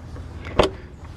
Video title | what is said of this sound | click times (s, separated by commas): Subaru Crosstrek 2019 Premium Review Black Edition (Full Review) | means that it didn't snap into place now it did so | 0.6 s